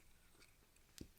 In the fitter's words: So that will click in. So let's just,